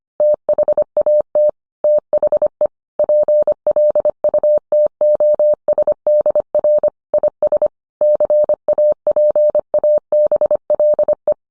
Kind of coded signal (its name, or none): Morse code